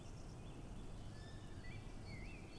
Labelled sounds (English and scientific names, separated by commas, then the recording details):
Common Blackbird (Turdus merula)
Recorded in Germany
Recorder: ecoPi